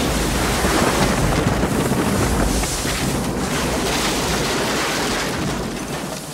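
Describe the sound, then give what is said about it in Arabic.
Sea water churns and surges in a steady, full roar of waves as characters fall from a bridge into the sea, with gusty wind rumble underneath, easing off slightly toward the end. No voices. “لزقوا في يافطة اعلان يا عم متعلق على الكوبري ووقعوا في البحر وراحوا في 60 داهية.”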